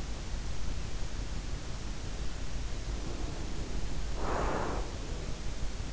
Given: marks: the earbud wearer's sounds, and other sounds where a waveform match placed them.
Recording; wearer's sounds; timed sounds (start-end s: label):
sounds in sleep by an in-ear microphone; breath
2.73-5.50 s: breath